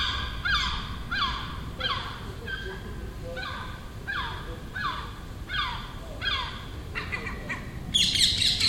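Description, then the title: Gull giving harsh, downward-slurred calls repeated about every three-quarters of a second in a steady series, over a low background rumble. Gull nesting on a neighbouring roof in Den Haag, calling all day for a week; recorded June 18, 2017. "Seagull Chatter (Den Haag"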